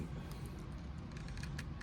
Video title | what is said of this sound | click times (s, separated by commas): Review of Presto from the Dungeons & Dragons cartoon by Hasbro | right, that pops right in there. | 1.6 s